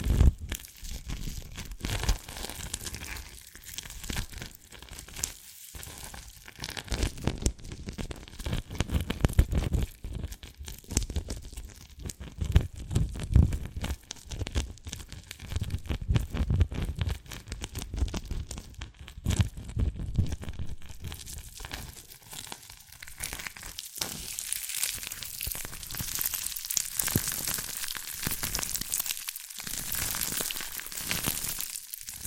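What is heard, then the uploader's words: Tapping and cracking on a brittle sugar candy, with dense clusters of sharp clicks and crisp snaps throughout. The first twenty seconds are busier and more percussive, with frequent bright cracks; later the sounds thin into softer, steadier scraping and crinkling. ASMR SQUID GAME Dalgona Candy Challenge Tapping, Cracking Triggers for Sleep(No Talking).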